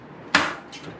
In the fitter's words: 딸깍 소리가 날 때까지 꽂으시면 다 되신 거예요